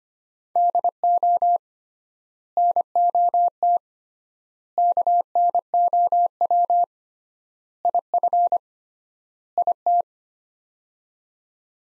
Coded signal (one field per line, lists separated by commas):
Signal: Morse code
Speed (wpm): 25 wpm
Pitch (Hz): 700 Hz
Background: none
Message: DO NOT KNOW IF IT